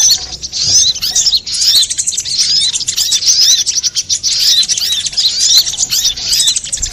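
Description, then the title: Little spiderhunter: continuous high twittering from a little spiderhunter, thin chirps running together with hardly any break. Used to train cage birds; Indonesian name sogok ontong, labelled labaik. "Masteran Burung Sogok Ontong Labaik"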